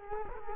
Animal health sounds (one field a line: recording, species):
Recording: mosquito wingbeat signal from an infrared sensor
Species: Culex quinquefasciatus